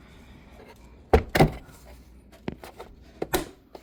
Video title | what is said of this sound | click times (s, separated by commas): Replace Broken LINQ Fastner Can-Am x3 | This one actually clips on. You heard that snap there. | 1.1 s, 1.4 s